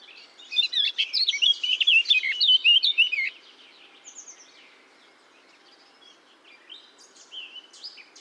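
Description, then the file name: Eurasian blackcap song, a loud rushing warble of jumbled notes for about three seconds, then soft scattered notes and a brief faint phrase. "Sylvia atricapilla"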